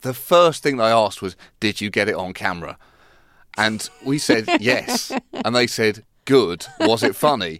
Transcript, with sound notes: The first thing they asked was: Did you get it on camera? And we said, yes. (Soundbite of laughter) And they said, good. Was it funny?